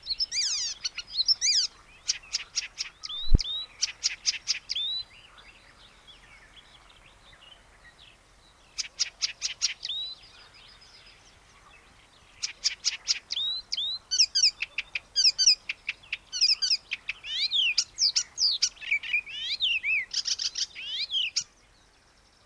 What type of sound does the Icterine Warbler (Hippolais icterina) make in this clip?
song